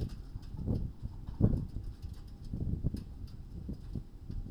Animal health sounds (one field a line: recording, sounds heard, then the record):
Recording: poultry house recording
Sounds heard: no chicken sound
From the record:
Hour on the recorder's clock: 22